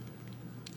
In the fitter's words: like this you can slide the head up and until it clicks